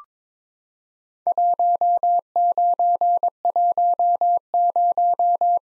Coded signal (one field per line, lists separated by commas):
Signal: Morse code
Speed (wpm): 22 wpm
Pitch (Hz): 700 Hz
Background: none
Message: 1910